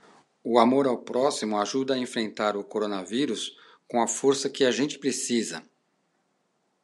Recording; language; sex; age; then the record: spoken sentence; Brazilian Portuguese; male; 50 to 59 years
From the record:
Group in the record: control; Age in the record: 56 years